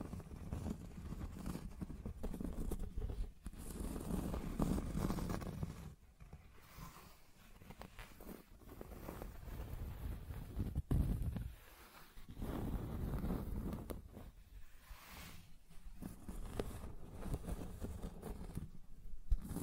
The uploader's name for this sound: Scratching and Tracing Sounds